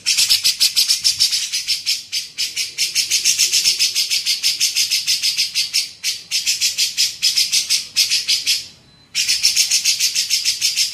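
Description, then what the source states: Grey-cheeked bulbul harsh chatter: long runs of fast buzzy notes, briefly broken a few times, with a short silence before the final burst. Masteran training recording made for teaching songbirds.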